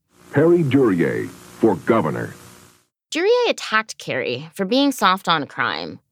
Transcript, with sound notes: Perry Duryea for governor.
[Ambient TV static ends.]
Duryea attacked Carey for being soft on crime.